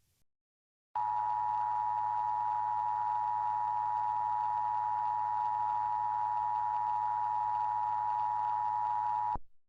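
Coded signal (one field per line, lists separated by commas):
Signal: Emergency Alert System (SAME) tones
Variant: 853 and 960 Hz attention tone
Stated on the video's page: Fictional EAS scenario for a horror film, made with EAS software.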